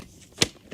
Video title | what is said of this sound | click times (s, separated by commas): 25 Tesla Accessories That Are *Actually* Worth Your Money - Long Term Review | is that you're able to just leave this base in the vehicle pop this out | 0.4 s